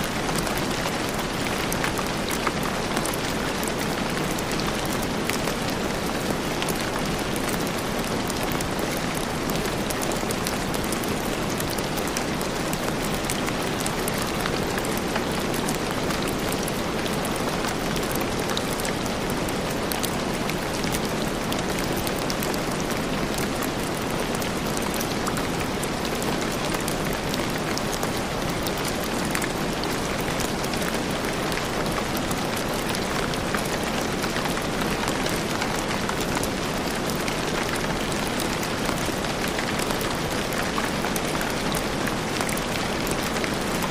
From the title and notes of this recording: Dreamy Rain Sleep Sounds | Relaxing Rainstorm White Noise.